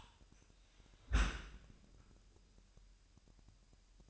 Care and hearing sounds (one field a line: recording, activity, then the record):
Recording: daily activity, microphone in the room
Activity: close dishwasher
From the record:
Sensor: 2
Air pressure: 998.2 hPa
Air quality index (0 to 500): 147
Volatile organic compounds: 4 ppm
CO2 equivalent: 1660 ppm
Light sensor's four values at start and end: 10/31/12/12 and 10/31/12/12